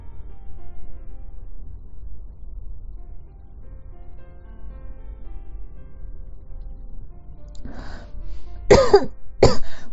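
An adult woman with a hoarse throat takes a quick breath in, then gives two short, harsh coughs over a faint low background hum.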